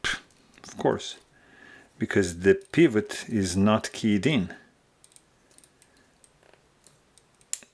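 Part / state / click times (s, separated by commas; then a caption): pivot screw in pocketknife handle / seated / 7.5 s. Someone talks while reassembling a Drop/Terzuola Persian Cyrus pocketknife, turning and working the pivot screw in the handle, with faint small ticks from about 5.0 to 6.9 seconds. At 7.5 seconds a sharp, loud click sounds as the pivot drops into its keyed recess in the handle and seats.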